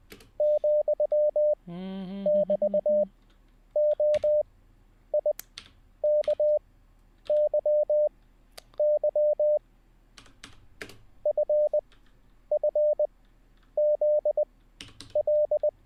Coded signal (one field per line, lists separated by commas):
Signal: Morse code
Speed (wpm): 20 wpm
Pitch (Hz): 600 Hz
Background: none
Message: ,<BT>OIKYY FFZL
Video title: How To Learn Morse Code LIVE with N0SSC (Day 10)